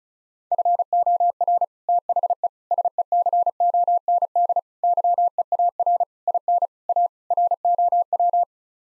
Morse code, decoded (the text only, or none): FOR THE SECOND YEAR IN A ROW